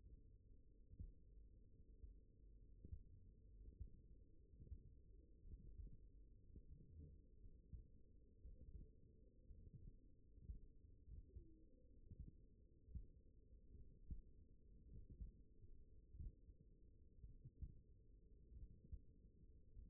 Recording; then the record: forearm muscle sounds (acoustic myography)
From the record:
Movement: finger pinch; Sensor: system 1, eight BSWA MPA416 microphones around the upper forearm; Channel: 7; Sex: male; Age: 42 years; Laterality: right